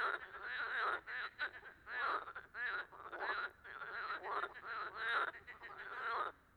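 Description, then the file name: Frogs in a loud, nearly continuous chorus of overlapping raspy croaks and quick pulsed trills with brief breaks. Amphibians calling at a tuilerie (tile works) on 18 March 2017. "2017-03-18 tuilerie chant amphibiens grenouilles"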